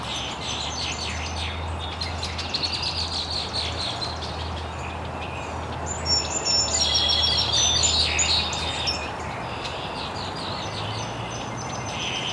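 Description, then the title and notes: Birds chirping, a lively mix of high twitters and clear whistled notes, loudest around the middle, with a low steady hum beneath. Birds chirping very early in the morning in an estuary. "Birds Chirping in the Early Morning. Original sounds of birds chirping very early in the morning in an estuary"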